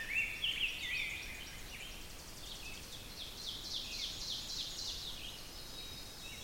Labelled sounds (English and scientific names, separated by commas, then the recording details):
Ovenbird (Seiurus aurocapilla) song
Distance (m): 85 m
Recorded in boreal forest in Alberta, Canada, on 5 June 2016 at 05:48
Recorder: SongMeter 3, array SBT-3-51
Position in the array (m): 271 m, 118 m
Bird 28